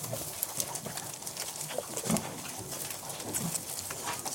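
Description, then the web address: Pig suckling sounds: soft low grunts amid rustling and clicking noise. Pigs suckling indoors, recorded close up. "Sound Effects-BBC Pigs. interior suckling close perspective recording some flies heard on microphone"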